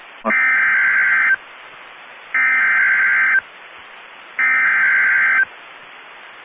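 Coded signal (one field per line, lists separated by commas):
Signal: Emergency Alert System (SAME) tones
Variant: header bursts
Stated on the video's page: Weather radio station in Amarillo, Texas, alerting for severe storms in the Texas Panhandle.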